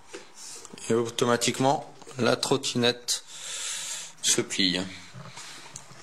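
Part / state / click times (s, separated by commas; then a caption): folding scooter stem into rear fender catch / seated / 5.8 s. Someone talks while a CITYSPORTS 8.5-inch foldable electric scooter with app and Bluetooth is folded, its stem coming down toward the catch on the rear fender of the deck. At 5.8 s the stem clips into that catch with one sharp click, and it is seated.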